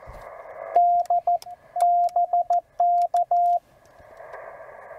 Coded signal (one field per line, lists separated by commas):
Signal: Morse code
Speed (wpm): 14 wpm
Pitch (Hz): 700 Hz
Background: radio noise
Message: DBK